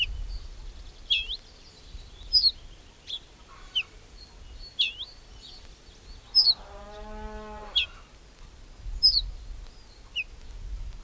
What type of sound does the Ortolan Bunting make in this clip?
alarm call